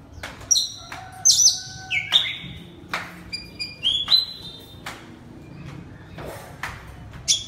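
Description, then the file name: Oriental magpie-robin song of clear whistles and piercing high notes, steady tones mixed with sharp slurs, coming in short bursts. Kacer, the Indonesian name, singing loudly in the style called ngeplong. "suara kacer ngeplong keras"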